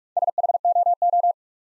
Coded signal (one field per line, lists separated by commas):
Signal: Morse code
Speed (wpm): 44 wpm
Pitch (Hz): 700 Hz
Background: none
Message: SHOO